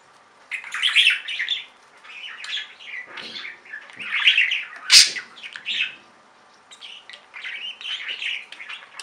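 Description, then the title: Budgerigar warbling and chirping with one sharp click partway through, a short pause, then softer chatter. "Budgie Sounds"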